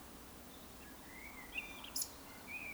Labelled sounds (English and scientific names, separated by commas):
Eurasian Woodcock (Scolopax rusticola) whistle, Eurasian Woodcock (Scolopax rusticola) croak